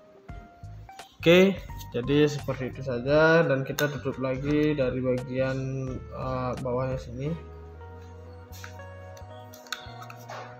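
The plastic battery compartment cover on the underside of a camera video microphone is being handled to close it again, but it has not latched; nothing has seated or clicked yet. Someone talks over music, and a few faint, short ticks are heard near the end.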